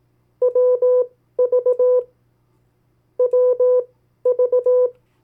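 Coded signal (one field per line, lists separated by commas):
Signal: Morse code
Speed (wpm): 18 wpm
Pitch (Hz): 500 Hz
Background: none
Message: WV WV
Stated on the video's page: Morse code practice of US state abbreviations at variable speeds.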